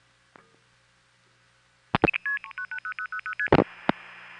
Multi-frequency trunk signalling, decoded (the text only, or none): 3 0000ST